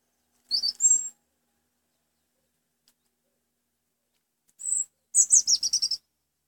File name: Pechuguero de Gran Canaria (Erithacus Rubecula Marionae)